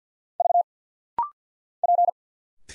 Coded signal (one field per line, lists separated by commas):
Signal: Morse code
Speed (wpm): 50 wpm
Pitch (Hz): 700 Hz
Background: none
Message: V P